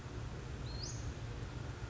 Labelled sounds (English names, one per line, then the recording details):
Western Flycatcher
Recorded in Sonoma County, California